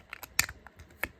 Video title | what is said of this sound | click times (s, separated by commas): How to change the battery in your Lexus fob (Lexus Key 2005-2012) | Nice solid click. | 0.4 s